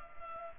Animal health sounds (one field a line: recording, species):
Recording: mosquito wingbeat signal from an infrared sensor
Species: Culex pipiens